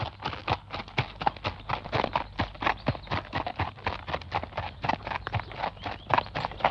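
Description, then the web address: Horse hoofbeats on gravel, crisp crunching steps repeated about twice per second at a walking pace. Single horse walking on gravel. "animals horses single horse walking on gravel"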